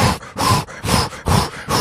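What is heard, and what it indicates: A man makes rhythmic whooshing, breathy pulses with his voice, imitating the galloping swish of a fetal heart monitor. A fast, regular rate like this is typical of a normal baby's heartbeat in labour.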